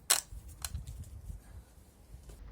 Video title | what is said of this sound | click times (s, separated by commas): HEATER PLUG REPLACEMENT - TOYOTA AVENSIS DIESEL | clip on like that. | 0.1 s